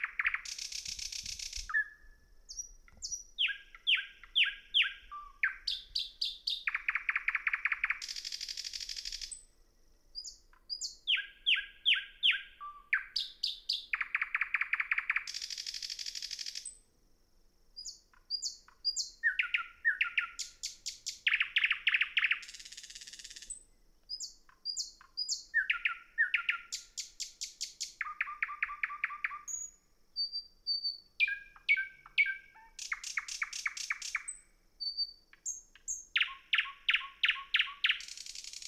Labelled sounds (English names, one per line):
Thrush Nightingale song